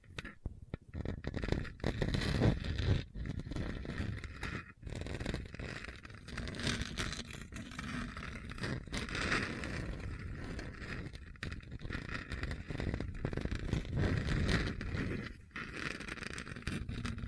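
A continuous rough scratching over a hard, bumpy surface, dense and gritty, with a rumbling low end like something being dragged or rolled. Brief gaps and dips break it up near 1, 5, 11 and 15 seconds, while small knocks and jolts recur throughout.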